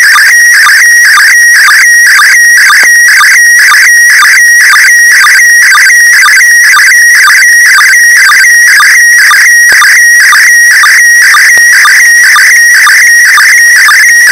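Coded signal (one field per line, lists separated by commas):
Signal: SSTV (slow-scan television)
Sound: warbling, chirping tones with a short low click twice a second, loud and distorted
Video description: Slow Scan Television (#SSTV) image transmitted from #ISS the International Space Station.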